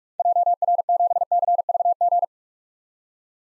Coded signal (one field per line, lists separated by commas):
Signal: Morse code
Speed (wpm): 41 wpm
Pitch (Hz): 700 Hz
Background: none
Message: JR7CVG